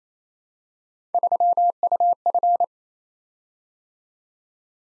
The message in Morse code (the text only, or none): 3UF